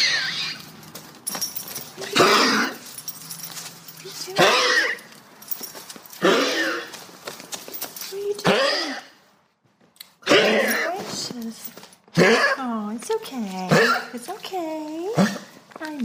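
Repeated tonal, whistling breath sounds with shifting pitch: a dog wheezing during excitement.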